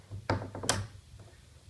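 A window handle is turned to close the window, and its small grey lock button pops out. Two sharp clicks sound at 0.3 s and 0.7 s over a low hum, and the button locks the handle in place.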